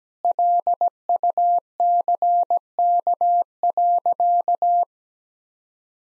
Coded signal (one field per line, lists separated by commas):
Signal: Morse code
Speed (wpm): 17 wpm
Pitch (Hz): 700 Hz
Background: none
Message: LUCK.